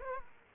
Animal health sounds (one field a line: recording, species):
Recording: mosquito wingbeat signal from an infrared sensor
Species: Aedes aegypti